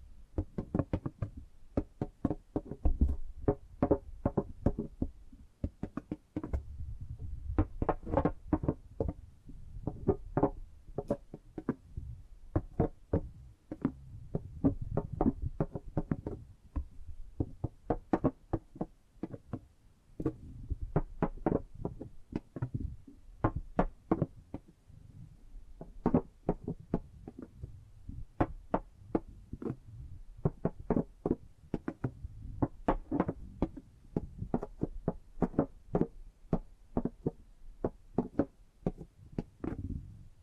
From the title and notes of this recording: ASMR Tapping and Gripping Sounds for Sleep(No Talking).